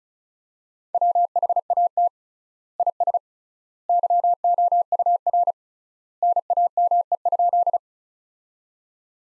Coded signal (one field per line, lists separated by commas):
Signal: Morse code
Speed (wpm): 36 wpm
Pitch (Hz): 700 Hz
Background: none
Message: WHAT IS YOUR NAME?